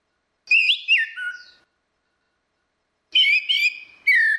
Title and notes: Anis Kembang 5. Suara Burung Anis Merah Ngeplong - Versi 6. Masteran Anis Kembang